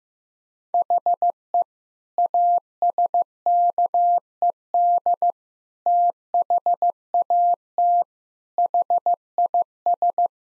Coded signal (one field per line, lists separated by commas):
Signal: Morse code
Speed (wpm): 15 wpm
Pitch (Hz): 700 Hz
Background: none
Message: HE ASKED THAT HIS